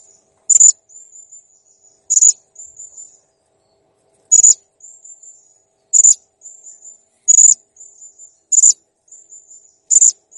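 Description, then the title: Blue-crowned hanging parrot repeatedly giving a loud high squeak, each followed by a softer thin trilling tail. Master recording for training cage birds; the bird is described as gacor (persistently vocal) and jernih (clear). "Masteran Burung Serindit Masteran Serindit Gacor Jernih"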